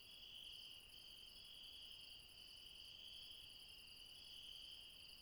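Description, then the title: A dense insect chorus of high, shrill trills, one upper voice briefly dropping out before resuming. Late night, mountains, Refuge Krevatia, Barbala, Dion, Greece. "Refuge Krevatia, Μπαρμπαλά, Dion 601 00, Greece - Late night mountain insects"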